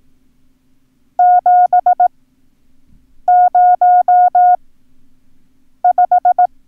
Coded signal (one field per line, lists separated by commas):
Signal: Morse code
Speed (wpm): 18 wpm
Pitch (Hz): 720 Hz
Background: none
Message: 705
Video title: Learn Morse Code - Numbers - Lesson 2